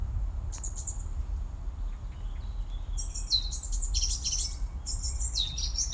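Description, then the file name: Eurasian blackcap song: short high whistled and warbled phrases, sparse at first and then more frequent in the second half, over a steady low rumble. "Sylvia atricapilla"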